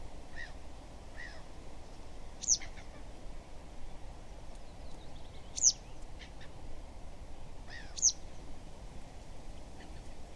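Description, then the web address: Citrine wagtail giving sharp, very high, brief tick calls, three of them spaced a few seconds apart, with fainter chips between, over a steady background hiss. "linnut-lehti extra motcit"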